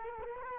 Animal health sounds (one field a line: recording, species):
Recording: mosquito wingbeat signal from an infrared sensor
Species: Culex quinquefasciatus